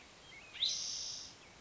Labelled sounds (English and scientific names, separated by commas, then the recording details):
Spotted Towhee (Pipilo maculatus)
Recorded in Sonoma County, California